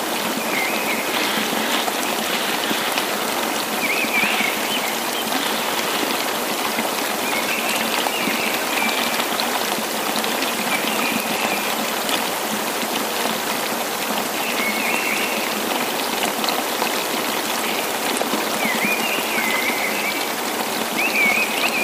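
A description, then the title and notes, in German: A rushing mountain stream and waterfall fill the whole clip with a dense, steady, hissing roar that never lets up. Faint bird calls break through the water now and then, short bright chirps every few seconds. Wasserfälle am Glasbach, Benediktenwand.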